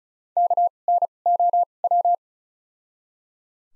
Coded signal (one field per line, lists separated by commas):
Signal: Morse code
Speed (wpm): 36 wpm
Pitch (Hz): 700 Hz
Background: none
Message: K N O W